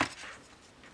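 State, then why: Not seated. The plastic waist section of a transforming-robot toy is being handled and brought up to the underside of the head during a conversion. A brief sharp handling tap is heard at the very start, then quiet handling noise with a faint rustle around 0.8 seconds. Nothing has seated or clicked yet.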